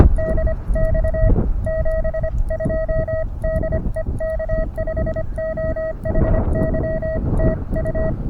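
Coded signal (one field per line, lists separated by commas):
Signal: Morse code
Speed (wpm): 25 wpm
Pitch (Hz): 1900 Hz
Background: none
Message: DX 72 DE K5OHY TU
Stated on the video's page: 5 W QRP CW test signal for Reverse Beacon Network, comparing 1/4-wave vertical with elevated radials against 29' end-fed random wire via 9:1 unun and tuner, four bands.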